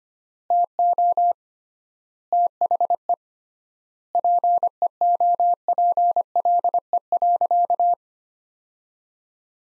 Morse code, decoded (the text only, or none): TO THE PEOPLE.